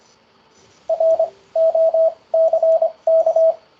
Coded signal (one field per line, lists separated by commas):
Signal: Morse code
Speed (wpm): 25 wpm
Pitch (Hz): 650 Hz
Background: radio noise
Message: ROCK